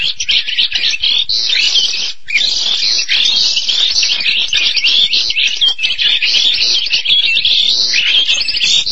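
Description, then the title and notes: Starling singing a fast, continuous jumble of squeaky whistles and rasping chatter, with a brief gap near two seconds before resuming. "suara burung jalak"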